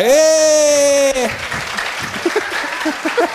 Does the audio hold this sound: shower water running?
no